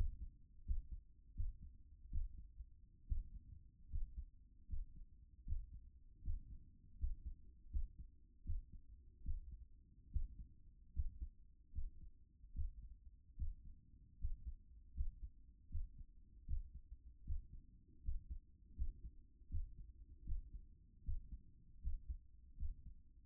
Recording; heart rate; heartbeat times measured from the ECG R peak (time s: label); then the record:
heart sounds by stethoscope; 78 bpm
0.65 s: heartbeat
1.34 s: heartbeat
2.10 s: heartbeat
3.07 s: heartbeat
3.90 s: heartbeat
4.68 s: heartbeat
5.45 s: heartbeat
6.22 s: heartbeat
6.98 s: heartbeat
7.70 s: heartbeat
8.44 s: heartbeat
9.23 s: heartbeat
10.11 s: heartbeat
10.93 s: heartbeat
11.72 s: heartbeat
12.53 s: heartbeat
13.36 s: heartbeat
14.18 s: heartbeat
14.94 s: heartbeat
15.69 s: heartbeat
16.46 s: heartbeat
17.24 s: heartbeat
18.02 s: heartbeat
18.75 s: heartbeat
19.49 s: heartbeat
20.24 s: heartbeat
21.03 s: heartbeat
21.81 s: heartbeat
22.57 s: heartbeat
From the record:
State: after exercise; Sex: female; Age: 25 years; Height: 170 cm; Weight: 60 kg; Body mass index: 20.76